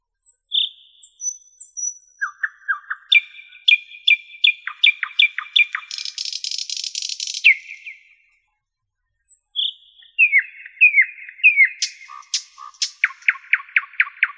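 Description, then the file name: Nightingale song: phrases of repeated clicks and notes, a harsh buzzy trill, a brief silence, then downslurred whistles and fast chips. "solovey"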